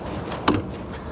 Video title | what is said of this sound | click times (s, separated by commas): PERMIS - Le BE/B96 pour conduire les remorques ! | là on vient d'entendre le verrouillage il y a deux voyant vert qui en témoigne | 0.5 s